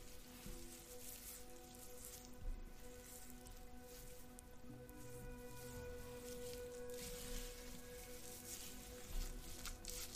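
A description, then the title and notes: Hair brushing and soapy lathering make a dense, steady crackle like light rain, with a few sharper strokes near 2.5 and 9 seconds. Underneath, soft ambient music holds a low, sustained drone throughout. At-Home Hair Spa | Hair Brushing, Ambient Music. Hair brushing, soapy goodness, and some soothing background music.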